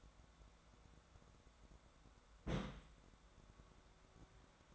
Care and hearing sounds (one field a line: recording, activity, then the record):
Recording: daily activity, microphone in the room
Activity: place on stove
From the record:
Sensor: 3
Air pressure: 1010.3 hPa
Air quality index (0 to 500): 166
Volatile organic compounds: 9 ppm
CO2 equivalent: 2172 ppm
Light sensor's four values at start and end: 49/121/54/60 and 50/122/54/60